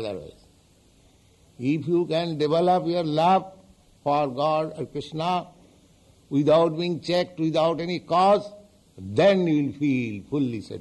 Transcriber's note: none